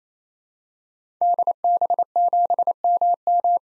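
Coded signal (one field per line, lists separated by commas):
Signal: Morse code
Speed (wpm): 29 wpm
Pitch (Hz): 700 Hz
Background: none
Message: DB7MM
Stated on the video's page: Head-copy drill of common SOTA activator call signs in Morse at 28 wpm, each sent, spoken, then sent again.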